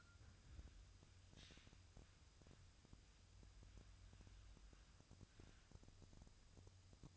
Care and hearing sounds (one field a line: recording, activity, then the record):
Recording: daily activity, microphone in the room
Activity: wipe stove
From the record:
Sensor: 2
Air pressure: 1004.7 hPa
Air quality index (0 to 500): 73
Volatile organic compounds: 1 ppm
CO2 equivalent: 862 ppm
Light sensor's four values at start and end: 7/16/7/7 and 7/16/7/7